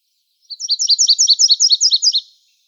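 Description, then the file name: Virginia's warbler delivering a steady string of about nine high, sweet paired notes, evenly spaced and clear, with nothing else audible. Arizona, 30 April 2005. "VIWA 6 deviche"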